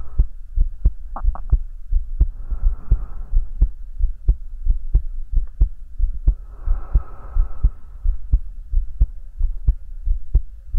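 Steady low heart thumps near 90 a minute with two soft breath sounds, heard up close as if the listener's head is hugged against the chest.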